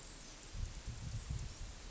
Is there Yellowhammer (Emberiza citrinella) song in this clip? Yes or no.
no